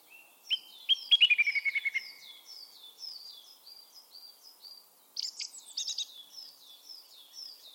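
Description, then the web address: Bird call: a rapid descending trill, followed by high twittering, over a constant chorus of faint downslurred whistles. "Bird Only"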